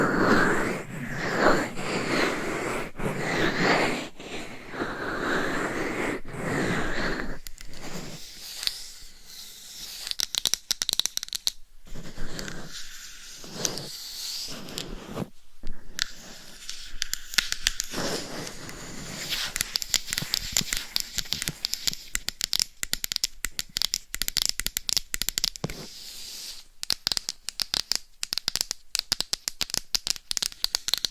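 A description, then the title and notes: Scratching, rubbing and tapping on a microphone, with dense crackling strokes, brief silent gaps, and fast irregular taps growing busier later. Binaural Dummy Head Mic Scratching , Massage & Tapping.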